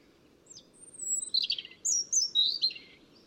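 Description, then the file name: European robin singing a high thin whistle, then a rapid cascade of descending trills and warbles, over steady low background rumble. "Erithacus rubecula"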